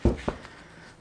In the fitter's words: and it looks like it hasn't so now I can just push it the rest of the way in you heard the snap ring click